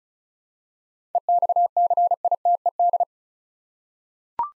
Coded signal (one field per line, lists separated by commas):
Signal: Morse code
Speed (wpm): 36 wpm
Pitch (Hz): 700 Hz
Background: none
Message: EXCITED